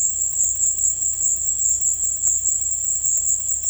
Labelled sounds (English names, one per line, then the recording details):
none
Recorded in dense forest near Puerto Asís, Putumayo, Colombia, on 19 February 2024 at 16:00
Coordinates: 0.487, -76.319
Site G6403